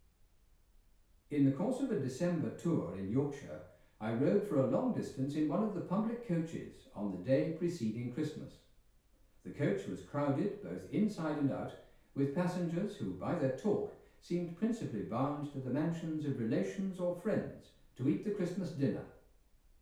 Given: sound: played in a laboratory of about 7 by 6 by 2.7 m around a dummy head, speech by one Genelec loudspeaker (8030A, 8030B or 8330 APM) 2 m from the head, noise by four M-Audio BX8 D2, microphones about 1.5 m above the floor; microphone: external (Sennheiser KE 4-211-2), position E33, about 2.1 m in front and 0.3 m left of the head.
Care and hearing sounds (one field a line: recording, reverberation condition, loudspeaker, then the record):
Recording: male speech in English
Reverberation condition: medium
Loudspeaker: 90 degrees to the right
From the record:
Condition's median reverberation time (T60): about 510 ms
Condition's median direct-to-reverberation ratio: about -0.5 dB